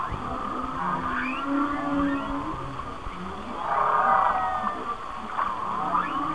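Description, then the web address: Whale sounds with dense overlapping moans and buzzy higher squeals, a noisy swell around four seconds, steady hiss beneath. "Whale Songs Whale Songs"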